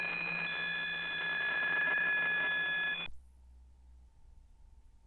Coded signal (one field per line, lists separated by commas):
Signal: PSK63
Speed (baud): 62.5 baud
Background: radio noise